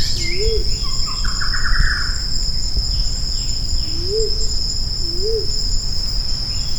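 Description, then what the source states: Grey imperial pigeon giving low, arched hooting notes, one early and a pair later, over a steady high insect drone with a brief warbling bird near two seconds. Recorded on Maratua.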